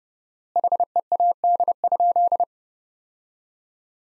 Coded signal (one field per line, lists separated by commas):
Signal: Morse code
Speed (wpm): 30 wpm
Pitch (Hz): 700 Hz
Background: none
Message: HEAD?